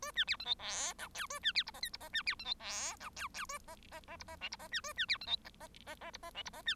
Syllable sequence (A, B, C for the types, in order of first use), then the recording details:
A B C D E F G H A B C I J K I J B C D E F G H H A J J J I J L I J B A B C D E J J J I J L I J B. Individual Bird1